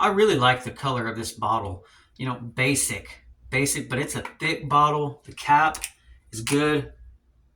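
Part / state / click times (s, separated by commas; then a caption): cap onto a perfume bottle / not seated / none. Someone talks while handling the cap of a thick, minty green glass Banana Republic Grassland perfume bottle, about to push it onto the bottle. The cap has not clicked into place yet; nothing has seated.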